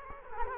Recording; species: mosquito wingbeat signal from an infrared sensor; Culex quinquefasciatus